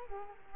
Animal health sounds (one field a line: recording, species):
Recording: mosquito wingbeat signal from an infrared sensor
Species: Culex quinquefasciatus